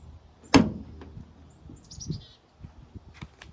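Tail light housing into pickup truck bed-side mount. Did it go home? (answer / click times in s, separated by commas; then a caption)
yes / 0.5 s. A plastic tail light housing on a 2009-2014 Ford F150 pickup, during an LED upgrade, is lined up on its locating pins and pushed back into its bed-side mount on the truck body. It pops into place and seats with one loud, sharp hit at 0.5 s. Fainter knocks and a brief high chirping follow.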